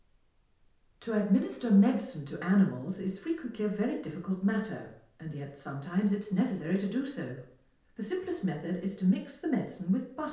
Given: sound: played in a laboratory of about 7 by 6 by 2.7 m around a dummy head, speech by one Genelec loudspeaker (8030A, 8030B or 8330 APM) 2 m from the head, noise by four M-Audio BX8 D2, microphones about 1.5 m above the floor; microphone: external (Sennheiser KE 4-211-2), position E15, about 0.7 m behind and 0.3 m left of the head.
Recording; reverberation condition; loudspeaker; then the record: female speech in English; medium; 60 degrees to the right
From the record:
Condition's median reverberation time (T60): about 510 ms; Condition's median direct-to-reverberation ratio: about -0.5 dB